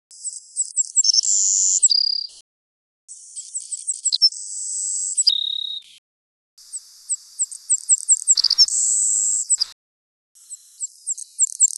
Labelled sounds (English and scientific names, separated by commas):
Savannah Sparrow (Passerculus sandwichensis) song